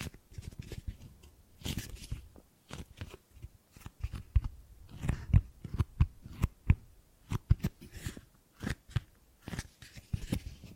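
Gripping and grabbing sounds: irregular crunchy, rustling handling noises in quick bursts, some thuds, with brief pauses throughout.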